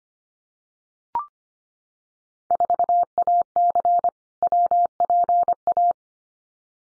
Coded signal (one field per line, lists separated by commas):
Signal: Morse code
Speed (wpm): 25 wpm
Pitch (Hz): 700 Hz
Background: none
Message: 4AC WPA